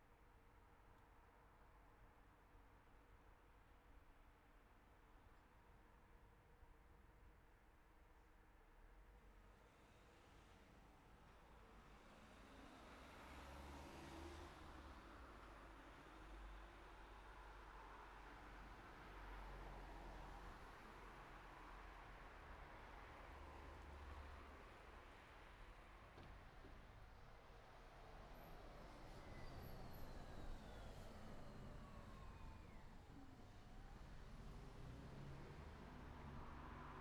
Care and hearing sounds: everyday scene through a hearing-aid microphone; in traffic; traffic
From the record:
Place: city secondary road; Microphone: behind the ear, right, rear

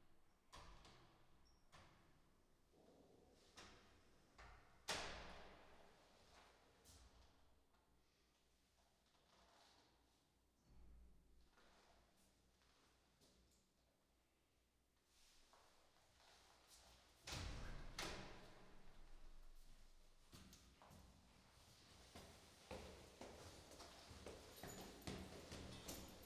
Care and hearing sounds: everyday scene through a hearing-aid microphone; reverberant space; background noise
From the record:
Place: staircase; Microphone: in the ear canal, right

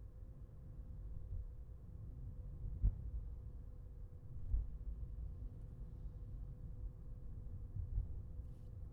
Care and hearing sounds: everyday scene through a hearing-aid microphone; in a vehicle; engine, highway traffic jam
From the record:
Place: Skoda Fabia, gasoline engine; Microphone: behind the ear, left, front

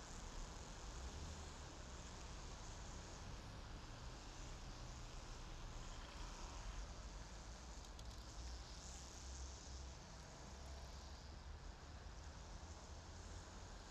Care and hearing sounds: everyday scene through a hearing-aid microphone; in traffic; traffic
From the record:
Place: main city hub, rush hour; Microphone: in the ear canal, left

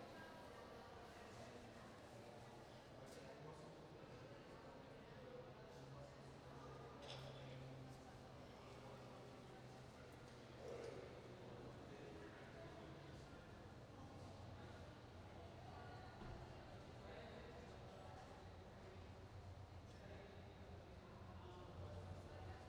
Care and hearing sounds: everyday scene through a hearing-aid microphone; reverberant space; background noise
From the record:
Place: railway station hall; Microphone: in the ear canal, right

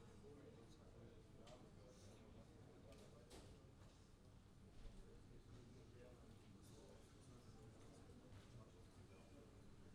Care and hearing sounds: everyday scene through a hearing-aid microphone; many people talking; many voices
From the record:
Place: university cafeteria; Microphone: in the ear canal, left

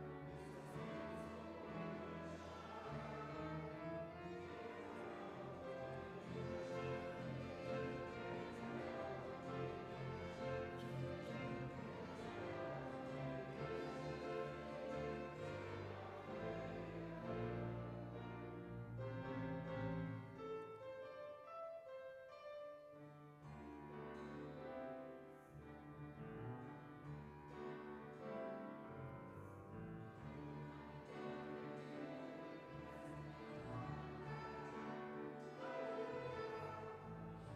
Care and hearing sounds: everyday scene through a hearing-aid microphone; reverberant space; music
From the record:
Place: church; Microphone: behind the ear, right, front

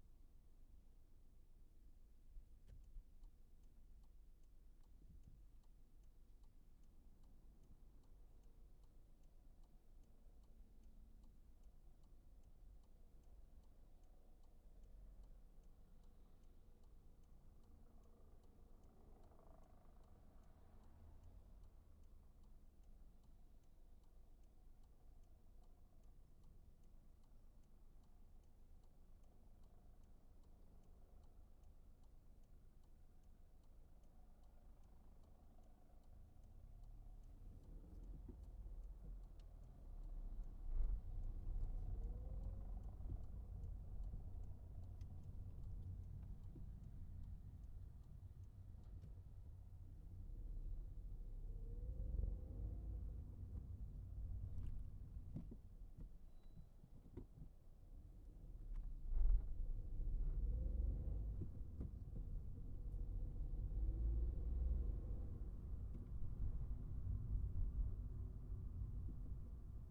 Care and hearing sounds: everyday scene through a hearing-aid microphone; in a vehicle; engine, traffic, helicopter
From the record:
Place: Skoda Fabia, gasoline engine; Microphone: behind the ear, right, front

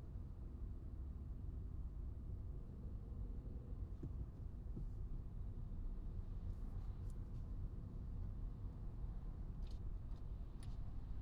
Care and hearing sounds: everyday scene through a hearing-aid microphone; in a vehicle; engine, traffic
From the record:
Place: Skoda Fabia, gasoline engine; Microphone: in the ear canal, right

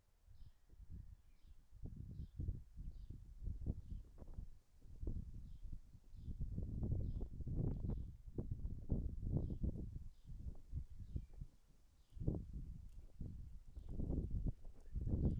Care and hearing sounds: everyday scene through a hearing-aid microphone; wind on the microphone; wind, birds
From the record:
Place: in front of a rural house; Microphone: behind the ear, right, front

